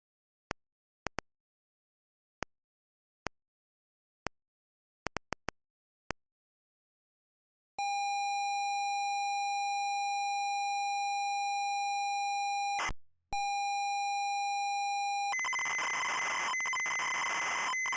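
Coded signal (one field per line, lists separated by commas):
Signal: ZX Spectrum tape loading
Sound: scattered clicks, then a steady buzzy lead tone, a short break, then harsh screeching data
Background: mechanical clicks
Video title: 🧧SONIDO de CARGA ZX SPECTRUM ✨!! Solo los VIEJUNOS lo ENTENDERAN!!✨✨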